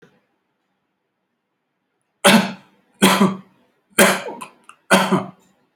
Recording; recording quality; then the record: shallow voluntary cough; excellent, no background noise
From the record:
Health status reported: exposed to COVID-19, no respiratory illness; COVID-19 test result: negative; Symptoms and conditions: diabetes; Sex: male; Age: 50 years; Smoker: not ticked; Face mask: worn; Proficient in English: yes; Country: India